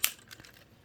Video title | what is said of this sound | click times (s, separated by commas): Gaogaigar pose plus metal GGG | oh nice click look at that | 0.0 s